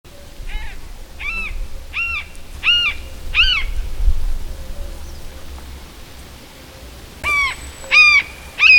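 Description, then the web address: Bird giving harsh, harmonic, caw-like calls in a quick series of five, then a pause and another burst of three; low rumble underneath. "madarak"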